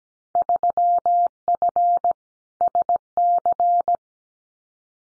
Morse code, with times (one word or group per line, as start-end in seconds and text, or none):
0.4-2.1 3F
2.6-4.0 SC